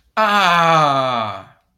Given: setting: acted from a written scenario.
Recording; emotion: vocal sound without words; triumph